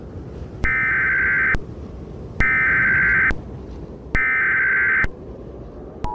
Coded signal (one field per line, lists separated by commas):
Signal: Emergency Alert System (SAME) tones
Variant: header bursts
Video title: EAS Scenario - The Wildcard of Nature (REMASTERED)